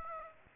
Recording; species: mosquito wingbeat signal from an infrared sensor; Aedes aegypti